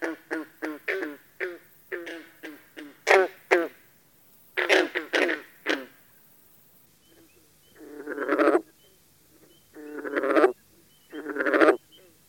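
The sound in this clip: Green frog calls, short plucked gulping notes in quick series, then three longer drawn-out croaking bursts with pauses between them.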